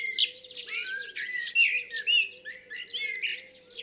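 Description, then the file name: Common blackbird song: low fluty whistled phrases sliding down, mixed with thin high twittering, over a steady low hum underneath. "Turdus merula"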